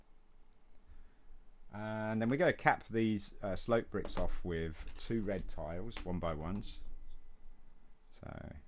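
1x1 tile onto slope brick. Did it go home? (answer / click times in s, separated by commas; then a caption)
no / none. Someone talks while getting two red 1x1 plastic tiles ready to press down onto slope bricks to cap them on a Lego Naboo Fighter, set #7141. A short burst of handling noise comes near the end, but nothing has seated or clicked yet.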